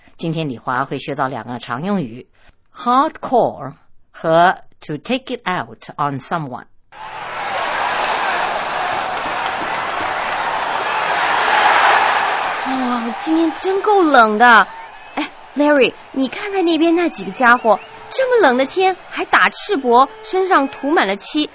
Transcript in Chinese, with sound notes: 今天李华会学到两个常用语：hardcore 和 to take it out on someone. (Football crowd noise) 噢！今天真够冷的。Larry，你看看那边那几个家伙，这么冷的天，还打赤膊，身上涂满了漆。